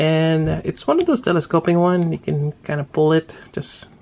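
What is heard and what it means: Someone talks while handling the telescoping shoulder joint in the torso of a plastic action figure, beginning to pull it out. Nothing has clicked or seated yet; the joint is not yet in its extended position.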